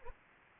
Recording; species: mosquito wingbeat signal from an infrared sensor; Anopheles arabiensis